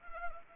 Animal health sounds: mosquito wingbeat signal from an infrared sensor; Anopheles arabiensis

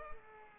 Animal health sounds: mosquito wingbeat signal from an infrared sensor; Culex pipiens

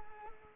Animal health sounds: mosquito wingbeat signal from an infrared sensor; Culex pipiens

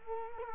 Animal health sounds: mosquito wingbeat signal from an infrared sensor; Culex quinquefasciatus

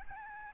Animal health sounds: mosquito wingbeat signal from an infrared sensor; Aedes albopictus

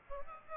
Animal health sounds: mosquito wingbeat signal from an infrared sensor; Aedes aegypti

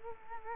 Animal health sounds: mosquito wingbeat signal from an infrared sensor; Culex quinquefasciatus

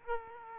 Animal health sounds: mosquito wingbeat signal from an infrared sensor; Aedes aegypti

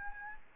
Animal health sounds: mosquito wingbeat signal from an infrared sensor; Aedes albopictus

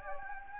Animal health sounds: mosquito wingbeat signal from an infrared sensor; Anopheles gambiae

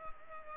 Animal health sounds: mosquito wingbeat signal from an infrared sensor; Culex pipiens

